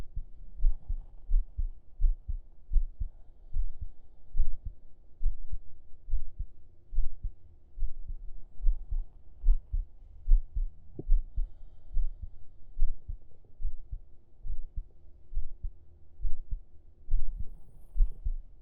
Laying on chest under shirt heartbeat.